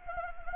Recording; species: mosquito wingbeat signal from an infrared sensor; Anopheles arabiensis